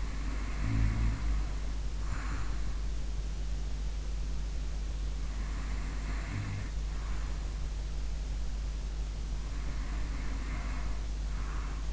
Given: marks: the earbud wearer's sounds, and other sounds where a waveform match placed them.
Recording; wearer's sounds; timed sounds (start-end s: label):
sounds in sleep by an in-ear microphone; snoring breath, breath
0.00-2.80 s: snoring breath
5.29-7.75 s: breath
9.40-11.92 s: breath